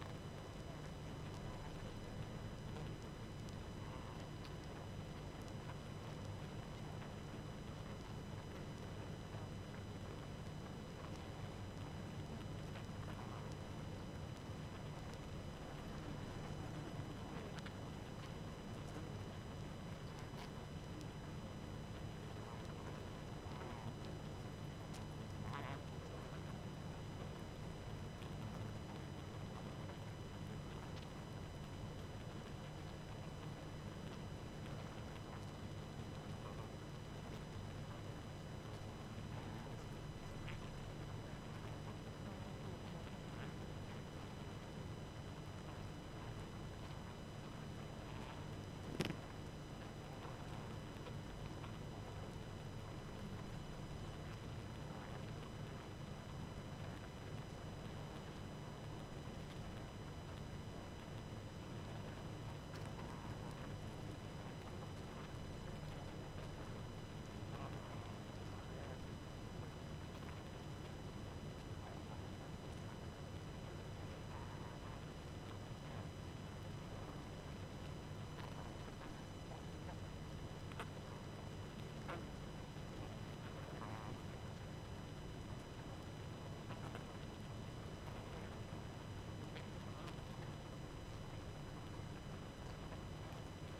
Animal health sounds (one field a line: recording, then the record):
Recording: honeybee colony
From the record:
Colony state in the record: active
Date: 12 June 2018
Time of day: 23:52